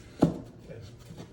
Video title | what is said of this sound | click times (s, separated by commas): How to measure for shades and valances | They snap right in there like that right there. | 0.2 s